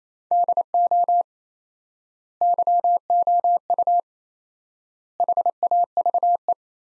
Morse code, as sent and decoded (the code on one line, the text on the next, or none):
-.. --- / -.-- --- ..- / .... .- ...- .
DO YOU HAVE